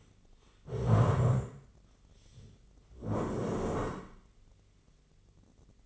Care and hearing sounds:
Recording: daily activity, microphone in the room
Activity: stand up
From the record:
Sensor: 4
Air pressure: 1013.2 hPa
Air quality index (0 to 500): 175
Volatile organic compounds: 2 ppm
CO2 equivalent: 1104 ppm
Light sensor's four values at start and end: 49/121/51/55 and 49/121/51/55

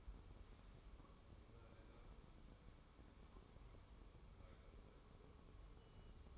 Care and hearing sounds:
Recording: daily activity, microphone in the room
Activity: wipe stove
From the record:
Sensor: 1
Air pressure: 1015.1 hPa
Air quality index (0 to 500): 57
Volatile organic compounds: 1 ppm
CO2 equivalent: 724 ppm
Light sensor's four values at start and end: 13/32/13/15 and 13/32/13/15

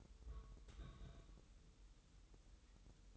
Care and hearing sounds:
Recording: daily activity, microphone in the room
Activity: place on stove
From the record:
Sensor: 3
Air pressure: 988.3 hPa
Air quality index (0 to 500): 190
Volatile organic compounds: 262 ppm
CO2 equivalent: 4393 ppm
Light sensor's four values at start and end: 24/75/31/27 and 24/75/31/27

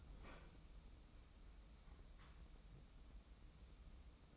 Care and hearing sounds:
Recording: daily activity, microphone in the room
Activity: open fridge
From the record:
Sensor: 1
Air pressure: 994.4 hPa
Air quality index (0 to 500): 220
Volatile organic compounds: 1000 ppm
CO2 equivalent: 7907 ppm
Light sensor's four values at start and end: 149/342/153/170 and 153/351/158/175

